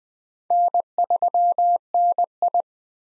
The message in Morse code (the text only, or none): N3NI